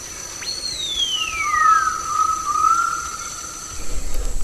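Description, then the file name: Wattled curassow whistle that jumps high and glides down to a long, even, lower note held for a couple of seconds, over a faint steady high tone. "Wattled Currassow Karunkelhokko"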